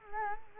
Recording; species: mosquito wingbeat signal from an infrared sensor; Culex quinquefasciatus